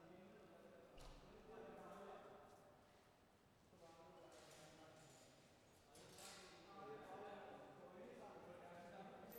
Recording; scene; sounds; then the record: everyday scene through a hearing-aid microphone; reverberant space; background noise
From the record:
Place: railway station hall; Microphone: behind the ear, left, rear